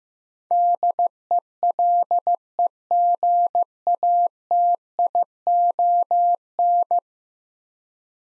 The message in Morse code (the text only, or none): DELEGATION